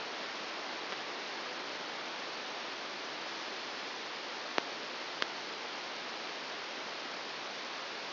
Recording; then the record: brain microelectrode recording played as sound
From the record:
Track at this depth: inside the subthalamic nucleus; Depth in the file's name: 4.208 mm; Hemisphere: right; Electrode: 2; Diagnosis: Parkinson's disease